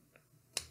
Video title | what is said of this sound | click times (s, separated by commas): WorkSharp Precision Adjust review and Errata | and then snap into place and they're you know there's a little bit of wiggle there | 0.6 s